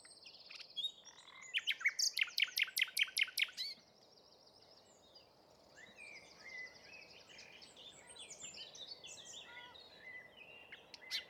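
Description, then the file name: Common nightingale singing: a fast burst of loud repeated notes, then softer varied twittering phrases and buzzy trills with short pauses. "Luscinia megarhynchos"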